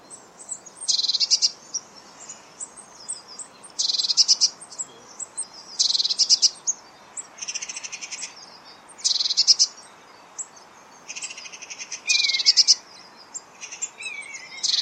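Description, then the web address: Eurasian blue tit churring: short harsh buzzy bursts repeated every one to three seconds. "Deverinetal 2025 File origin Bird Only Cy Ca"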